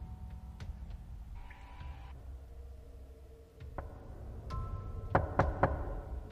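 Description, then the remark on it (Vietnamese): Sharp, dry knocks on a door: a few isolated raps, then a quick cluster of three near the end, heard over a low steady rumble with no voices. “Còn chưa kịp chợp mắt thì bất ngờ tiếng gõ cửa khô khốc lại một lần nữa vang lên.”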